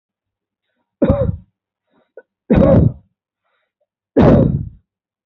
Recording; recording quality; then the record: shallow voluntary cough; excellent, no background noise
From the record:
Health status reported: healthy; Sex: male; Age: 30 years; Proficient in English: yes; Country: India